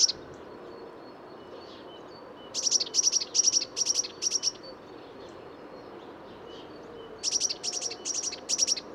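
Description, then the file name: Eurasian blue tit giving high, buzzy call notes in two runs of several rapid bursts separated by a pause, with quiet background noise. "Cyanistes caeruleus"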